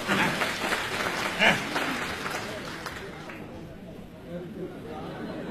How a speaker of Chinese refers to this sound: 各位鼓鼓掌，让咱来了易中天怎么样？